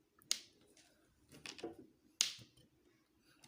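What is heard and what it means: The battery flex connector of an iPhone 6 is pressed down onto its socket on the phone's logic board during a battery replacement. Sharp snaps are heard at 0.3 s and 2.2 s, with softer taps around 1.5 s in between. The connector is seated.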